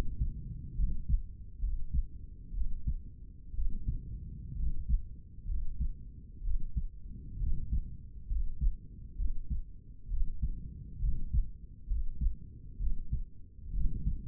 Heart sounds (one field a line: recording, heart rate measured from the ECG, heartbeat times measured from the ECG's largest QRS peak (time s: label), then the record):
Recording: heart sounds by stethoscope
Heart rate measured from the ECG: 65 bpm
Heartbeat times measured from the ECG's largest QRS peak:
0.78 s: heartbeat
1.63 s: heartbeat
2.55 s: heartbeat
3.56 s: heartbeat
4.58 s: heartbeat
5.49 s: heartbeat
6.45 s: heartbeat
7.41 s: heartbeat
8.31 s: heartbeat
9.19 s: heartbeat
10.11 s: heartbeat
11.03 s: heartbeat
11.91 s: heartbeat
12.81 s: heartbeat
13.75 s: heartbeat
From the record:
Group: healthy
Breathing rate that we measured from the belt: 17 breaths a minute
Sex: male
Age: 30 years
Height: 188 cm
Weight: 110.2 kg